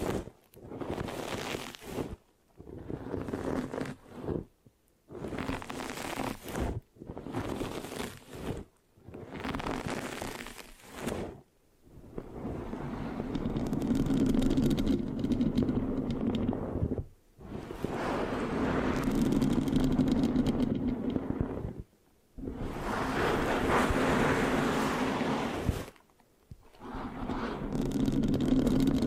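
Scratching on a microphone with a sticky, rasping texture, starting as short strokes of one to two seconds separated by brief silences. From about twelve seconds the scratches stretch into longer, louder passes of several seconds each, with a steady low hum underneath.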